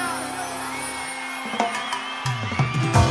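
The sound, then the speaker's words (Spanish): A live concert audience applauds in a dense, steady wash of clapping mixed with crowd noise and scattered cheers, growing a little louder and busier toward the end. “Los aplausos son para todos ustedes, como siempre.”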